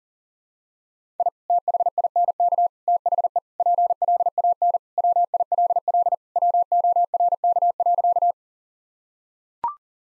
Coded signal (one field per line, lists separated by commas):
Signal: Morse code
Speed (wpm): 40 wpm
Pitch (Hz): 700 Hz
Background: none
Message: I THINK THE PLAN WILL WORK.